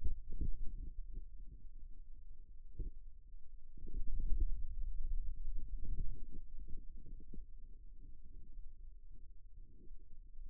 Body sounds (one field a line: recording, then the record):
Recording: forearm muscle sounds (acoustic myography)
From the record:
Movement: pen grasping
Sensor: system 2, bracelet of six BSWA MPA416 microphones around the upper forearm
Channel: 5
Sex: male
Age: 22 years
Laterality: right